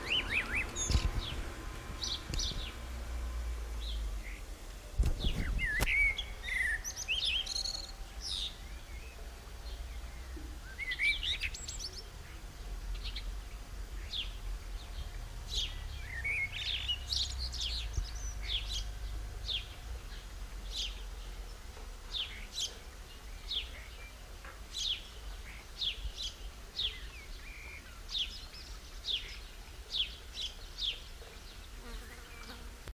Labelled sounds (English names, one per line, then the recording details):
Common Blackbird song
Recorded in the wild
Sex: male
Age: adult
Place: Lübars, Benekendorffstraße, Berlin, DE
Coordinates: 52.6167, 13.3469
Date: 1998-05-10 18:27
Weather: fair, 25°C
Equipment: Sony MD-WM MZ-R3, Sennheiser MKH 416 T, Kopie Uher 4000 Report Monitor
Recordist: Tembrock, Günter